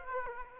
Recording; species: mosquito wingbeat signal from an infrared sensor; Aedes aegypti